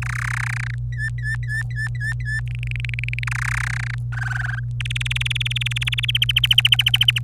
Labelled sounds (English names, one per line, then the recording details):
Domestic Canary song
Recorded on 25 April 2018 at 17:09
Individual llb3